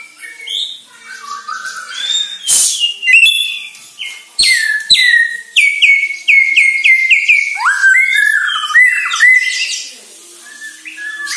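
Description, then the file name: White-rumped shama song of repeated whistled notes, with scattered sharp clicks and slurred phrases. Bornean shama; lure recording intended to make birds sing vigorously. "Pancingan Murai Batu Borneo Agar Gacor"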